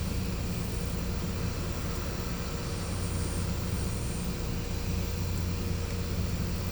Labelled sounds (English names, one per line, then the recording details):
none
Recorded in pastures near Puerto Asís, Putumayo, Colombia, on 16 December 2024 at 14:00
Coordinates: 0.505, -76.324
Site G063